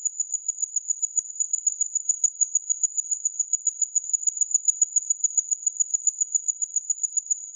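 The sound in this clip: Insect calling with a high, thin buzzing trill, pulsing rapidly and steadily throughout, with no other sounds.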